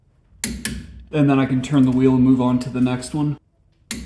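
A click-type torque wrench torques the next front axle bolt to 59 ft-lb on a 1994 Chevy K1500 while the tire is held for resistance with the wheels off the floor. It gives a sharp double click at 0.4 s and 0.7 s, confirming the setting is reached. Someone then talks about turning the wheel to move on to the next bolt.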